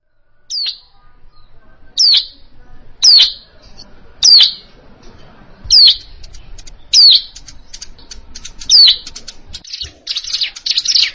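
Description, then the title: Plain prinia singing a series of high, downslurred buzzy phrases, each repeated about every one to two seconds. "Ciblek Sawah"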